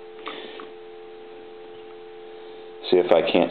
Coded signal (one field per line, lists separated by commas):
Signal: telephone call progress tone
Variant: North America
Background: speech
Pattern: dial tone